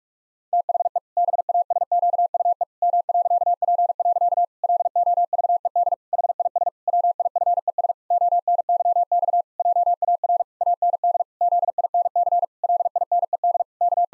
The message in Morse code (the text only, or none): THE BASQUE M.P. LOVED HIS WIFES ONYX JAR AND ZINC LINED K